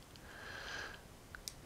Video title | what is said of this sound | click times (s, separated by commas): R60 Connectors and Wiring - Part 1 | hear that click and you'll know it's done okay | 1.3 s, 1.5 s